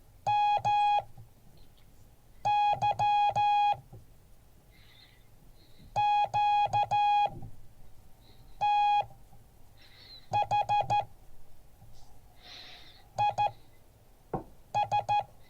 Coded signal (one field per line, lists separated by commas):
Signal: Morse code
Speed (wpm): 14 wpm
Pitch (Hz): 830 Hz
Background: none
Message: MY QTH IS